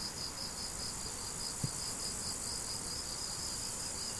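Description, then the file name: Cricket: short run of regular pulsed cricket chirps over continuous high insect hiss, with a single faint click near the middle. Crickets, recorded 17 July 2012 on an MZ-N710 recorder. "grillons 17 07 2012"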